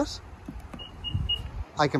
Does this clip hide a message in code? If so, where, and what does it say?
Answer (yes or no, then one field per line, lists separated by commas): no